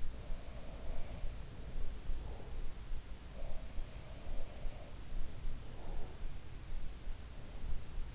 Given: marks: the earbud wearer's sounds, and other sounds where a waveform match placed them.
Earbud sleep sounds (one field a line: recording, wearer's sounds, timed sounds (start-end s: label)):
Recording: sounds in sleep by an in-ear microphone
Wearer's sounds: breath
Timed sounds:
0.00-1.58 s: sound from someone else or the room
2.04-2.73 s: breath
3.30-5.07 s: sound from someone else or the room
5.50-6.31 s: breath